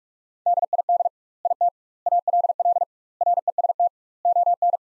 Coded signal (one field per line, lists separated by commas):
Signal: Morse code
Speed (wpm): 46 wpm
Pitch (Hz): 700 Hz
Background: none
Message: DID IT ALL REST ON